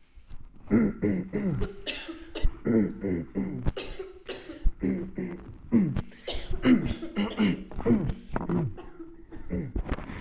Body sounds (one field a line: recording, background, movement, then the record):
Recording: throat clearing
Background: a bystander coughing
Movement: sitting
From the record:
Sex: male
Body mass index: 21.0 kg/m2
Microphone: on the chest, facing the body